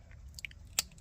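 A wiring harness connector is pushed into an aftermarket Android Tesla-style radio head unit during an install in a 2015–2017 Hyundai Sonata. A few faint plastic ticks around 0.4–0.5 s lead to one sharp, bright click at 0.8 s. The connector clicks in and is seated.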